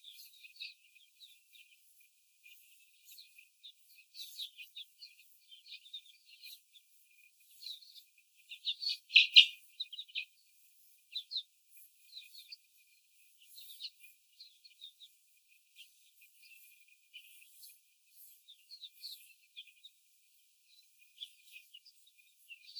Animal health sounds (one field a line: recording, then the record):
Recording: young laying hens in a cage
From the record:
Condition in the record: before the stressor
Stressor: simulated dog barking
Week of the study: 4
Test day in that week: 1